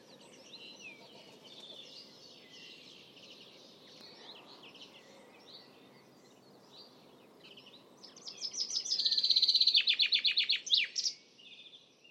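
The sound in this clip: Common chaffinch: soft twittering in the background before one loud song, a fast series of repeated notes ending in a final flourish.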